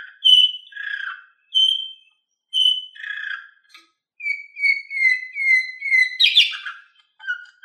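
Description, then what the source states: Canary song with alternating high and low whistled notes, then a series of slightly falling whistles and a harsh buzzy burst, followed by a few low notes. Orpheus V3 canary recording.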